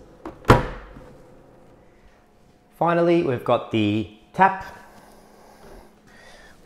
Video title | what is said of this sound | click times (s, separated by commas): BRAS FBM Slushie Machine Cleaning and Assembly | and so those two little prongs will click into place | 0.3 s, 0.5 s